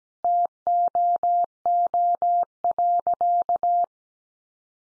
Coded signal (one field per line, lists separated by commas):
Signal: Morse code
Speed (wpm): 17 wpm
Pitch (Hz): 700 Hz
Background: none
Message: TOO.